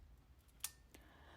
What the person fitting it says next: చూసారు కదా, మనకి ఒక క్లిక్ అండ్ సౌండ్ వస్తుంది, అప్పుడే లెన్స్ మనకి కరెక్ట్గా ఫిట్ అయినట్టు.